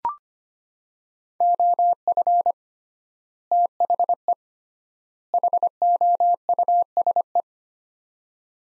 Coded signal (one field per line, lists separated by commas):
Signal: Morse code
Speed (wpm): 25 wpm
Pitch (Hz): 700 Hz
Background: none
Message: OF THE HOUSE